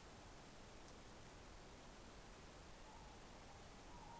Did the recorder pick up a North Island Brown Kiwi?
no